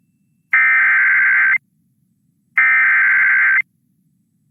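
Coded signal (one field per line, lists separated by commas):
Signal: Emergency Alert System (SAME) tones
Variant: header bursts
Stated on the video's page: Severe thunderstorm warning recorded from Windows 11 Pro.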